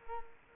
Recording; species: mosquito wingbeat signal from an infrared sensor; Culex quinquefasciatus